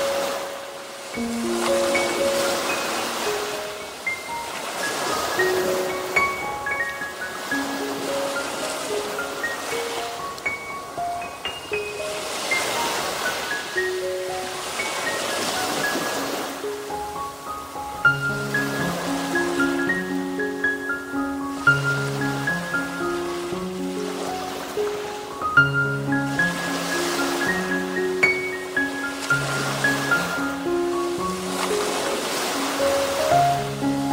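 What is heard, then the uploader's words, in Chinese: Flowing water washes steadily throughout, swelling and easing every few seconds like gentle surges. A soft melody of clear, sustained notes plays over it, and from about eighteen seconds deeper notes join in, giving the sound a fuller, lower base. 流水聲。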